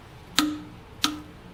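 A VANPO click torque wrench is pushed once more on an already-tightened oil pan drain plug to double-check it. It gives a sharp click at 0.4 s, confirming 25 ft-lb, and a second similar click follows at 1.1 s.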